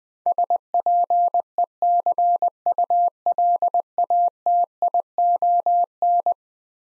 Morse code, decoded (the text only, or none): SPECULATION